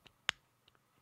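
A magnetic bottle cap that works like a fidget spinner is pulled and let go so it snaps back onto the bottle, locking in with one sharp click at 0.3 s. Fainter ticks come before and after it. The cap is seated on the bottle.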